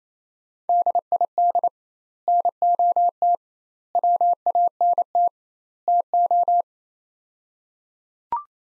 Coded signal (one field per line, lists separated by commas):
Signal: Morse code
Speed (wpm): 28 wpm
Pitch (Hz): 700 Hz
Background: none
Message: DID NOT WANT TO